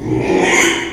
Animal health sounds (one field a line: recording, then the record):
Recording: squeal of a Yucatan mini pig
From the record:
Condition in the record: after surgery on the right vocal fold (resection and tissue-engineered implant)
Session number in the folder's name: 3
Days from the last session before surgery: 33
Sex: male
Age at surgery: 12 weeks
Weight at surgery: 13 kg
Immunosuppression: cyclosporine, prednisolone